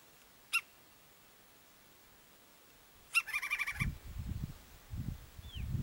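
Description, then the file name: Woodpecker call: a lone sharp note, then after a pause a harsh burst opening with a sharp note and running into a quick series of about six rasping notes; low rumbling noise follows. "canto do pica pau"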